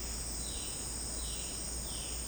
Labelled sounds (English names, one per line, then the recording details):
Violaceous Jay
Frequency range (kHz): Violaceous Jay 2.0-4.5 kHz
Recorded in dense forest near Puerto Asís, Putumayo, Colombia, on 23 June 2025 at 14:00
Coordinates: 0.499, -76.324
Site G100